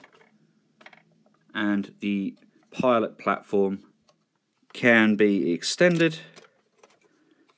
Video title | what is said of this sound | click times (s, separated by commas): Mecha Workshop/Sentinel - Armarauders Bellerophon Custom 阿馬羅德斯 ベレロフォン | and locked into place. | 6.8 s